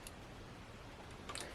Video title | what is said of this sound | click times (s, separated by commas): Polaroid model 230 Pack film camera. | and you would push that in until you hear a click | 1.4 s